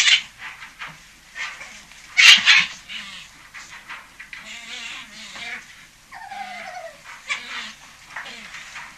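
European otter squeals and chirps: harsh bursts with one loud squeal, then a descending whistled note.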